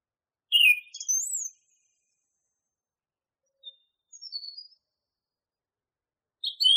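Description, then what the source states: Song thrush song in short bursts: a bright buzzy note and a high whistled phrase, then a quiet pause before a brief high twitter and another phrase. Recording used as masteran tutor for training songbirds.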